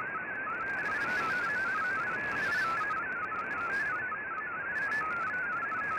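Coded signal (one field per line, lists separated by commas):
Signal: multi-tone FSK (Olivia or MFSK type)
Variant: MFSK32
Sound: rapid warbling single tone hopping between pitches around 1.5 kHz over hiss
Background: radio static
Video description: Here is my decode of the Shortwave Radiogram broadcast today on 15770Khz shortwave radio at 1300UTC in MFSK32 and 64 with 10 SSTV images.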